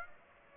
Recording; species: mosquito wingbeat signal from an infrared sensor; Aedes aegypti